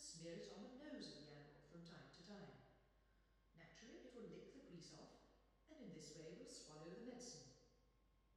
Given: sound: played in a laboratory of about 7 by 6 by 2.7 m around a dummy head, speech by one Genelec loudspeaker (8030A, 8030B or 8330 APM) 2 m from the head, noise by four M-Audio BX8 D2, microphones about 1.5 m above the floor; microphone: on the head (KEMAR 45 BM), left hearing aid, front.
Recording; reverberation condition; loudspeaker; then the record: female speech in English; high; 30 degrees to the right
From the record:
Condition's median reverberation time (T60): about 1300 ms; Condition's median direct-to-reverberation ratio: about -4.0 dB